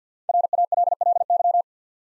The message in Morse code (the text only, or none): RALLY